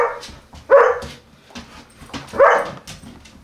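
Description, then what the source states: Collie: two loud harsh barks among scattered clicks and knocks. Four dogs, collies, running and barking in a home Foley session at Cmdln's house.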